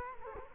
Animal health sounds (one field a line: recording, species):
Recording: mosquito wingbeat signal from an infrared sensor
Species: Culex quinquefasciatus